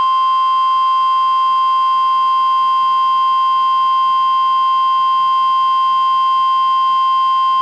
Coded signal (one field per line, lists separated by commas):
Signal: Emergency Alert System (SAME) tones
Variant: 1050 Hz attention tone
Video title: EAS #872: NWR Required Weekly Test- Sep. 20, 2023- 11:01AM PDT